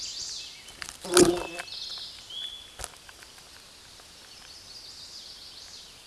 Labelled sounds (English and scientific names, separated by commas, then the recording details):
Eastern Towhee (Pipilo erythrophthalmus) song
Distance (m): 30 m
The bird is about 20 m above the microphone
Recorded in a Pennsylvania forest on 16 May 2024 at 09:09
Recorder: AudioMoth, point MSD-1534
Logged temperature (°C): 15.6 °C
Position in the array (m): 63 m, 15 m